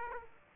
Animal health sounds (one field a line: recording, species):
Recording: mosquito wingbeat signal from an infrared sensor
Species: Aedes aegypti